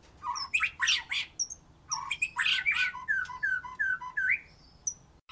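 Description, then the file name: White-rumped shama giving harsh scratchy bursts followed by a string of clear whistled notes and a few thin high squeaks. "murai batu"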